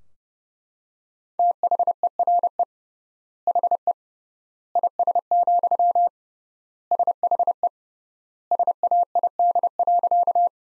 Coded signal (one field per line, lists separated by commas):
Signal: Morse code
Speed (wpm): 30 wpm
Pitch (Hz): 700 Hz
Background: none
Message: THERE HE IS, SHE SAID.